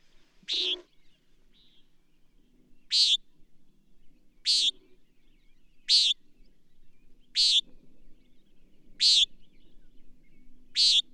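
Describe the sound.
Bird song of high, short chirps repeated about every one and a half seconds, with quiet low background noise.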